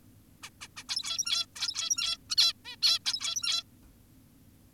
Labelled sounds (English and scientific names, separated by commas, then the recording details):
Zebra Finch (Taeniopygia guttata)
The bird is an adult
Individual g17y2U